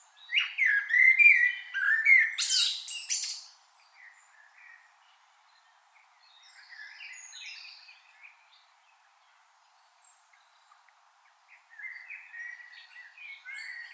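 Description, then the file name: Common blackbird singing a mellow warble with a shrill squeaky ending, followed by long quiet stretches broken by soft song phrases. "Turdus merula"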